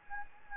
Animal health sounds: mosquito wingbeat signal from an infrared sensor; Anopheles gambiae

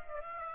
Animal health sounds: mosquito wingbeat signal from an infrared sensor; Aedes aegypti

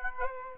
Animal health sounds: mosquito wingbeat signal from an infrared sensor; Aedes aegypti

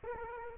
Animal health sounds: mosquito wingbeat signal from an infrared sensor; Culex quinquefasciatus

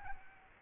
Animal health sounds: mosquito wingbeat signal from an infrared sensor; Aedes albopictus

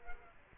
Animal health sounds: mosquito wingbeat signal from an infrared sensor; Culex quinquefasciatus

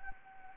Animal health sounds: mosquito wingbeat signal from an infrared sensor; Anopheles gambiae

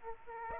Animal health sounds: mosquito wingbeat signal from an infrared sensor; Aedes aegypti

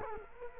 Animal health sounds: mosquito wingbeat signal from an infrared sensor; Culex quinquefasciatus

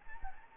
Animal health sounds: mosquito wingbeat signal from an infrared sensor; Anopheles gambiae

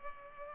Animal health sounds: mosquito wingbeat signal from an infrared sensor; Culex pipiens

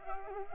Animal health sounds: mosquito wingbeat signal from an infrared sensor; Culex pipiens

